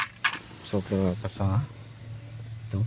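A new black plastic lock clip is pressed into the center console trim panel of a Honda Civic FD and snaps home with one sharp, loud snap at 0.3 s. Someone talks afterward. The clip is seated and locked, though the trim's other side has no lock because it is broken.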